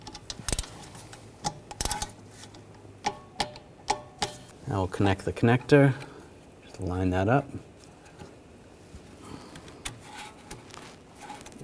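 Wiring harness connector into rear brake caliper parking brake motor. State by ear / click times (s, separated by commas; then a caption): seated / 9.9 s. On a 2009–2017 Volkswagen Tiguan, the wiring harness connector is lined up and pushed onto the rear brake caliper's electric parking brake motor until it locks. Sharp plastic clicks and handling taps are heard while someone talks. The connector clicks in and seats at 9.9 s.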